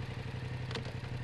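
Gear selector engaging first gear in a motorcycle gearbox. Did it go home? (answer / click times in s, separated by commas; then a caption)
yes / 0.8 s. A motorcycle idles with a steady low engine hum as the rider clicks the foot gear shift lever down from neutral into first gear. The gear selector engages first with a sharp click at 0.8 s, and the gear seats. No one talks.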